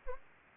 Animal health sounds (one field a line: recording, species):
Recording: mosquito wingbeat signal from an infrared sensor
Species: Anopheles arabiensis